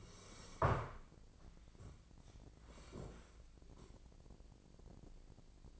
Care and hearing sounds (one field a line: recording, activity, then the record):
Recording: daily activity, microphone in the room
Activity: sit down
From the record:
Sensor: 5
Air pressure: 1012.4 hPa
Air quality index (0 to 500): 156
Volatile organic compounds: 2 ppm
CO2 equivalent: 1071 ppm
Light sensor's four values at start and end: 279/664/285/318 and 277/660/283/316